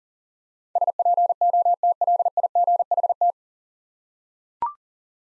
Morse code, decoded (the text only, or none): SPOTLIGHT